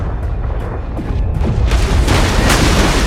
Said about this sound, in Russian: Из орудий с каждым выстрелом вырывается черный дым. Один из снарядов поражает подлодку впереди рубки.